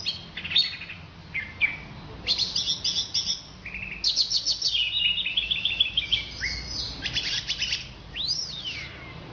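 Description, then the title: Orange-headed thrush song: varied, rapid phrases of high whistles, trills and buzzy chattering notes, alternating quickly with short pauses, over a faint low hum. "Anis Merah"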